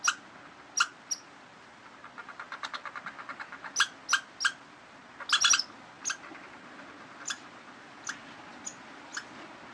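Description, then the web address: Squirrel chatter: scattered sharp squeaks, then a quick run of many soft clicks followed by loud squeaky bursts, trailing off into spaced single chirps over faint hiss. "animals squirrel squirrel"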